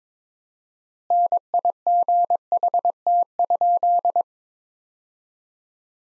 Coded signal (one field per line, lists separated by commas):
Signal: Morse code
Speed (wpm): 22 wpm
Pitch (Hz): 700 Hz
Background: none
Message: NIGHT?